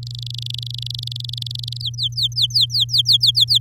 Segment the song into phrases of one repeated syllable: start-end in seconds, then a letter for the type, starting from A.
0.03-1.82 A, 1.83-3.58 B